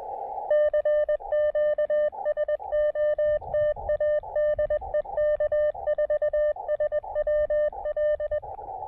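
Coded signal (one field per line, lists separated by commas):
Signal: Morse code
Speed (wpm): 20 wpm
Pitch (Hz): 600 Hz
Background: none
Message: CQ SOTA DE K4SWL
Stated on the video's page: Combined SOTA and POTA activation, QRP at 5 watts with a speaker-wire antenna, working DX.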